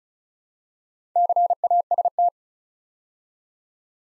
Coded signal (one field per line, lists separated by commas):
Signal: Morse code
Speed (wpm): 36 wpm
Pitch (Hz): 700 Hz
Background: none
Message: CAST